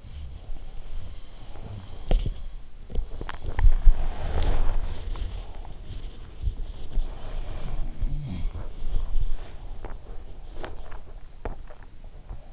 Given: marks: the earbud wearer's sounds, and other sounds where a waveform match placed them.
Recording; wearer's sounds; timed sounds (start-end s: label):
sounds in sleep by an in-ear microphone; body movement, teeth grinding
0.00-12.53 s: body movement
2.76-3.83 s: teeth grinding
4.99-5.84 s: teeth grinding
7.60-9.34 s: sound from someone else or the room
9.76-11.86 s: teeth grinding